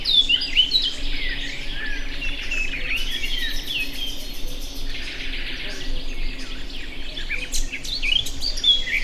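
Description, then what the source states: Birds: a chorus of chirps and twitters, with a high buzzing insect-like sound for a few seconds in the middle, over a constant low rumble. Mixed birds singing in a grove loud with birdsong, natural setting; professional recording from 2014.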